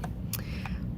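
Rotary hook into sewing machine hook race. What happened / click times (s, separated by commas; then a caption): The small metal part snapped into place / 0.3 s. A rotary hook is pressed into the hook race in a sewing machine's bobbin area, against a steady low hum. Faint ticks come at 0.0 and 0.7 s, with a sharper bright click at 0.3 s as the hook sets in. The hook ends up seated, sitting flush on the edge.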